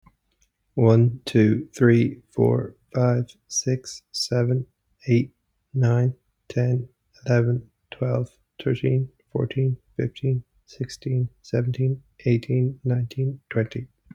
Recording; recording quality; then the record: counting at a normal pace; excellent, no background noise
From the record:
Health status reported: healthy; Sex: male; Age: 29 years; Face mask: not worn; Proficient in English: yes